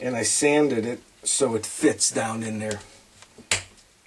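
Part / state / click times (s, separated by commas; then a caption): scrap-wood insert into jig opening / seated / 3.5 s. A small sanded piece of scrap wood is pressed into the opening of a jig where the center piece was punched out. Someone talks, then it snaps in with a sharp click at 3.5 s, seating as a tight fit.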